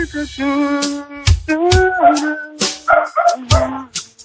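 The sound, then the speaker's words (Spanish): A dog vocalizes in a string of drawn-out, wavering howls and whines broken by sharp, loud barks and yips, sounding as if it is trying to sing along. “Hay un perro que también está cantando.”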